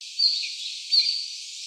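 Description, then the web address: Red-flanked bluetail giving two short, thin high whistled notes about three quarters of a second apart against a faint hiss. "birdenaga ruribitaki"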